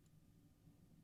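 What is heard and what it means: An antenna connector is handled at a mesh radio node's board and case, about to be pushed into place, but nothing has seated or clicked yet. The clip carries a steady low hum with faint ticking and no distinct click.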